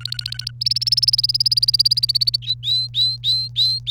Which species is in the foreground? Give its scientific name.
Serinus canaria